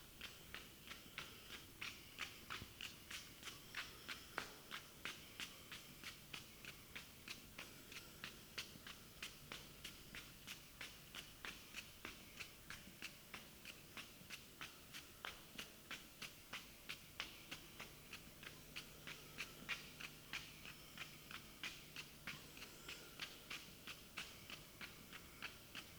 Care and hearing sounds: daily activity, guitar pickup as the sensor; run

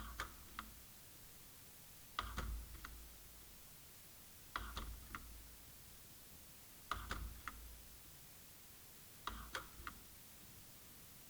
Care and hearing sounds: daily activity, guitar pickup as the sensor; manipulate door

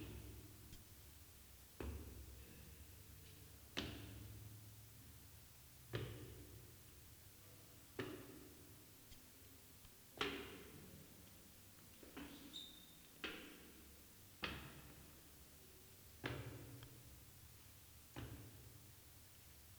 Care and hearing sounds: daily activity, guitar pickup as the sensor; go upstairs

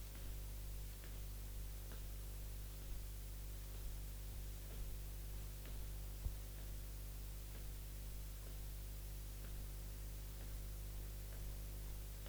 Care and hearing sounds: daily activity, guitar pickup as the sensor; jump

